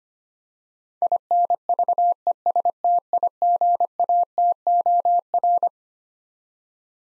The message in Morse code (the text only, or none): INVESTIGATOR